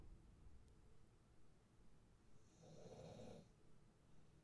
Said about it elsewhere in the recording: Can you hear my dog snoring? Baby girl's the last pit bull standing in our family.